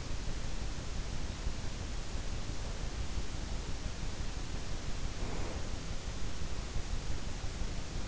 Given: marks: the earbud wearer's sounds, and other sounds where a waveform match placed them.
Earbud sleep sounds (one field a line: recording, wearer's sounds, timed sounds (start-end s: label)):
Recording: sounds in sleep by an in-ear microphone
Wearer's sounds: breath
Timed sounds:
4.74-6.07 s: breath